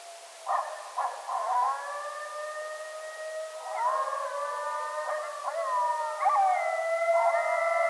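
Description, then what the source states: Coyotes howling, long sustained wavering notes layered over each other with a few short yips early on, the chorus swelling and holding steady throughout. Several coyotes calling at night, recorded 20 November 2010.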